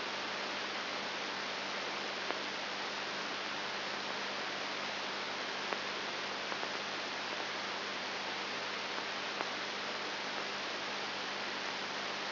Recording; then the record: brain microelectrode recording played as sound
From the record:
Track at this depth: inside the subthalamic nucleus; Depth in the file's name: 4.901 mm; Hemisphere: left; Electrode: 3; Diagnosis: Parkinson's disease